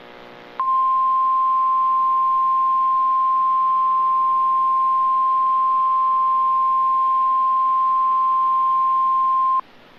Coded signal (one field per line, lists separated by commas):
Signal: Emergency Alert System (SAME) tones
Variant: 1050 Hz attention tone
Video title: (EAS #16) Severe Thunderstorm warning | 4/17/2024